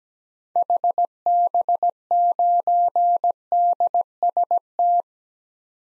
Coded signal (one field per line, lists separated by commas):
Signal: Morse code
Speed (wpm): 17 wpm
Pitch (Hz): 700 Hz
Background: none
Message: HB9DST